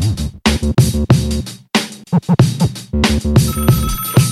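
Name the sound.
telephone ringing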